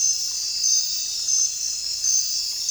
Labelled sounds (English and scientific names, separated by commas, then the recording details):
none
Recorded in dense forest near Puerto Asís, Putumayo, Colombia, on 21 December 2024 at 21:30
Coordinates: 0.467, -76.328
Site GP05